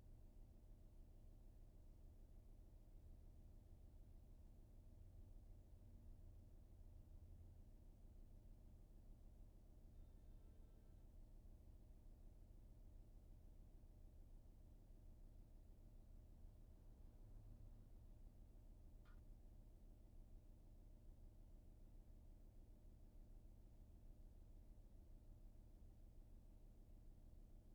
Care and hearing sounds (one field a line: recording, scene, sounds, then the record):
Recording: everyday scene through a hearing-aid microphone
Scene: in a vehicle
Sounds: engine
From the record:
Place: VW T5 Caravelle, diesel engine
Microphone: behind the ear, right, rear